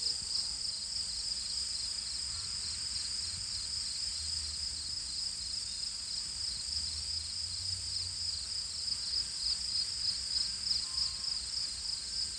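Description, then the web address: Cricket giving a continuous high, ringing chirp in quick regular pulses, with a low background rumble. "cricket base"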